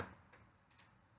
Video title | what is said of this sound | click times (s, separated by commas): Selfie Stick Tripod Bluetooth wireless with remote Portable for Android and iphone with Fill Light | you can hear the pop. | 0.3 s, 0.8 s